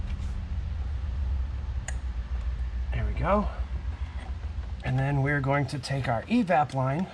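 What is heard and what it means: A feed fuel line quick-connect is pushed onto the fuel pump module port and snaps home with a single sharp click at 1.9 s, confirming it is seated. A low steady hum runs underneath, and someone talks afterward.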